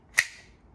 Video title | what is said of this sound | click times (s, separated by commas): Shield Arms S15 - Glock 48/43X | The snap sounds a little bit louder. | 0.2 s